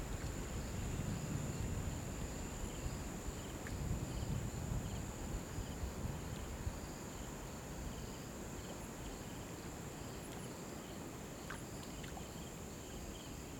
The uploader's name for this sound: African Bush Noise